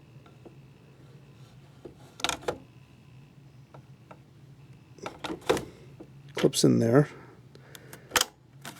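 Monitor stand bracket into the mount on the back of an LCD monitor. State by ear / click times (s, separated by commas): seated / 8.2 s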